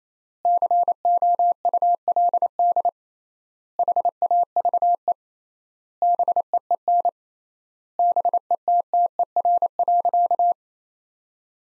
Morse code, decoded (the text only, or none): COULD HAVE BEEN BETTER.